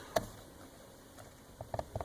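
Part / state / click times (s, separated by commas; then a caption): mirror glass mount linkage onto mirror adjustment motor / seated / 0.2 s. A loose mirror glass mount linkage on the far side of the adjustment motor inside a Corvette driver side mirror is shoved back onto its connection by hand. It snaps on with a sharp click at 0.2 s, followed later by a few softer ticks around 1.6–2.0 s. The linkage is seated, and both parts are now all the way in.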